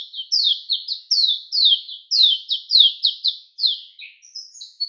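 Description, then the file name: Mayotte white-eye song: a continuous flowing stream of high, slurred downward notes, ending with a few thinner higher chips. Recorded on Mayotte; local name shilaputu. "zoste rops de mayotte - shilaputu"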